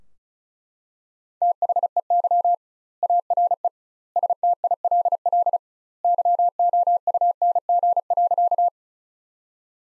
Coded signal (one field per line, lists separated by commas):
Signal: Morse code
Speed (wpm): 36 wpm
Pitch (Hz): 700 Hz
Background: none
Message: THEY ARE STILL YOUNG.